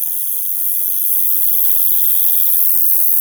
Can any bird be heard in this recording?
no